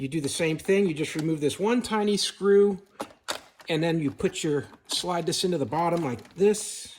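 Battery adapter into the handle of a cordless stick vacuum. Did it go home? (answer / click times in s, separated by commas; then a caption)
no / none. Someone talks while a plastic DeWalt battery adapter is slid into the bottom of a Dyson cordless stick vacuum's handle, where the original battery went, after one tiny screw has been removed. Faint handling sounds come under the talking, and the adapter has not yet clicked or seated by the end of the clip.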